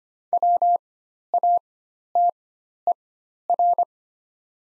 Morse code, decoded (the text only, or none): WATER